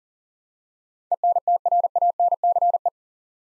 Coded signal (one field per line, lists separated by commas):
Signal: Morse code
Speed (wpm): 40 wpm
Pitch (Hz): 700 Hz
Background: none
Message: ENTRANCE